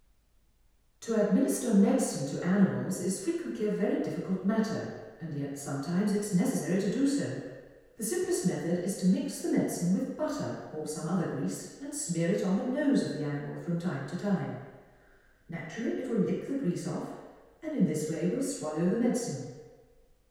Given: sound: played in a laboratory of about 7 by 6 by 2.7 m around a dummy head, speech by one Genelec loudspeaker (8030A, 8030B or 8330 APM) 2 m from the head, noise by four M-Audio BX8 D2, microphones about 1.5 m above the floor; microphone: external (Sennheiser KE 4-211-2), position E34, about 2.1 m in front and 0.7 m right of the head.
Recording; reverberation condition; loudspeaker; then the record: female speech in English; high; behind (180 degrees)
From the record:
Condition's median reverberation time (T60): about 1300 ms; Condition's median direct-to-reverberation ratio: about -4.0 dB